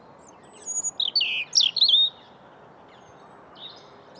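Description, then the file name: European robin delivering one jumbled phrase of liquid warbles and sharp high twitters, followed by near silence with faint background hiss. "Erithacus rubecula"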